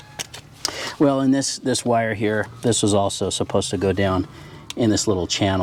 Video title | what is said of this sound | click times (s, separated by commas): 2016 Audi Q5 Front Brake pads & Rotors - How To Replace - DIY | spin it around until it locks in place. | 0.7 s